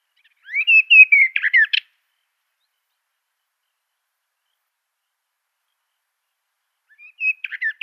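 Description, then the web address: Western Orphean Warbler song: a short phrase of descending whistled notes ending in a buzzy rattle, with a second phrase starting after about five seconds of quiet. "Schulze Peter Western Orphean Warbler song"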